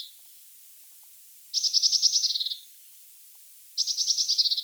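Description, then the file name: Eurasian blue tit giving buzzy, scolding churrs, two rapid rattling bursts of about a second each, separated by a quiet pause. "Cyanistes caeruleus"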